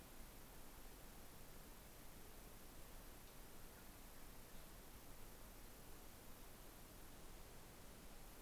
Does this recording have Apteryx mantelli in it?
no